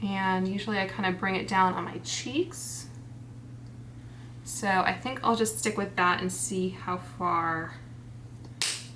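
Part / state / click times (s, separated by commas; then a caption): cap onto a makeup stick / seated / 8.6 s. A plastic cap is pressed back onto a bronzer makeup stick while someone talks. It snaps shut with a sharp, satisfying click at 8.6 seconds, and the cap is seated.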